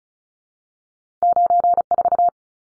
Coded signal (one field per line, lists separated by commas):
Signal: Morse code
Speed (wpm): 34 wpm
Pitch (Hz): 700 Hz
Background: none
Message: 94